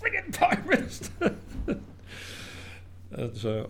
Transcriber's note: laughs